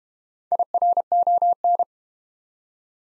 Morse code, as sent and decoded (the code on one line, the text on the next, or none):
.. .-. --- -.
IRON